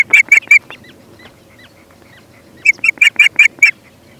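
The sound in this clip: Osprey calling with short, sharp whistled notes, a quick burst of three, a pause, then a run of six bright chirps.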